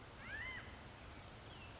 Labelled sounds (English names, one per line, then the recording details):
California Quail
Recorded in Sonoma County, California